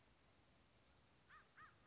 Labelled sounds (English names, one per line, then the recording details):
American Crow
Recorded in Sonoma County, California